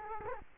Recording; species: mosquito wingbeat signal from an infrared sensor; Culex quinquefasciatus